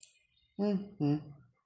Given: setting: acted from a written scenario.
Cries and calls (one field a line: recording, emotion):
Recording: vocal sound without words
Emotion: neutral